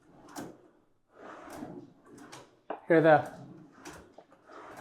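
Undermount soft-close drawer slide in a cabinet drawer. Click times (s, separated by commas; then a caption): 2.7 s. A drawer in a cabinet, running on newly fitted undermount soft-close slides, is pushed closed while someone talks. At the end of its travel the slide mechanism gives a sharp click at 2.7 seconds, and the drawer is seated closed.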